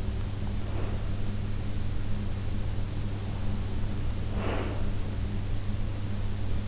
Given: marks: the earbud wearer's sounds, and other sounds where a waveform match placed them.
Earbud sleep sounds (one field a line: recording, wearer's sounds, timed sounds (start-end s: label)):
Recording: sounds in sleep by an in-ear microphone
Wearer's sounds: breath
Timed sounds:
0.54-1.35 s: breath
4.07-5.20 s: breath